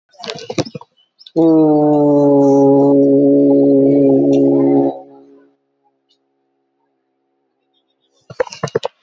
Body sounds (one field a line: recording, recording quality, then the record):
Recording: sustained vowel as in boot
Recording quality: excellent, no background noise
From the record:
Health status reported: COVID-19 positive, mild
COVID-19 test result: positive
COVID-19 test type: RT-PCR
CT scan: not taken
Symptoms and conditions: cough, cold, muscle pain, chronic lung disease, ischaemic heart disease, another condition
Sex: female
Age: 81 years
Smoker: no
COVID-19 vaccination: none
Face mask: not worn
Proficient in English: no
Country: India